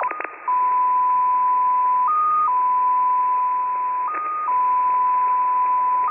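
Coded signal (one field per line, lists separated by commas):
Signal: multi-tone FSK (Olivia or MFSK type)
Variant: XPA2 14-tone MFSK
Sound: slow, steady single tone that briefly steps to a higher pitch twice, over hiss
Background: radio static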